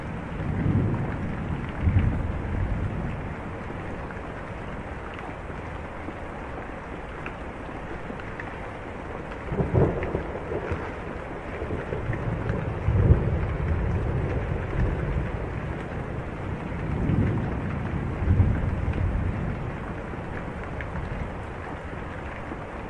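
Heavy rain falls steadily on a porch, a dense, even hiss with occasional drips and taps. Low rumbles of thunder swell and fade throughout, strongest near the start, around ten seconds, and again around seventeen seconds.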